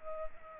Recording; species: mosquito wingbeat signal from an infrared sensor; Culex pipiens